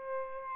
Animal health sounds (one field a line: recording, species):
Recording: mosquito wingbeat signal from an infrared sensor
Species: Aedes albopictus